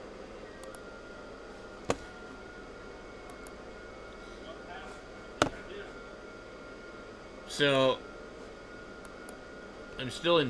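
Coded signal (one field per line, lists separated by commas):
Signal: FT8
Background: speech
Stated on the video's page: FT8 DX on 10 meters.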